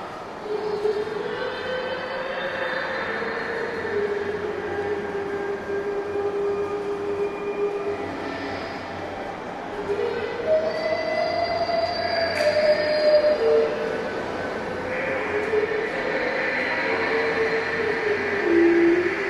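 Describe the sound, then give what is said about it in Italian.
A train on one of John Cage's 1978 prepared-train excursions in Bologna, Italy, rolls steadily along the rails under a constant low rumble, its wheels letting out long, wavering high-pitched squeals that glide up and down in pitch throughout. “La locandina del treno di John Cage era per queste feste musicali di Bologna 1978 alla ricerca del silenzio perduto, tre escursioni per treno preparato, variazioni su un tema”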